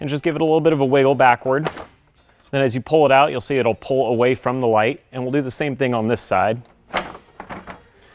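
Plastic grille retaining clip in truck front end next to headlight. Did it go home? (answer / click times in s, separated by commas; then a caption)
released / 7.0 s, 7.4 s. Someone talks while the factory upper grille on a 2018-2020 Ford F-150 is grabbed by hand next to the headlight and wiggled backward. Sharp plastic clicks at 7.0 s and 7.4 s mark the plastic retaining clip letting go, releasing the grille from the headlight side.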